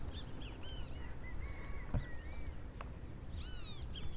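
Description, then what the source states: Yellow-chested birds calling: curved chirps, a couple of level whistled notes, then a burst of several stacked chirps near the end, over low rumbling noise. A noisy species of yellow-chested birds recorded in St. George, Bermuda.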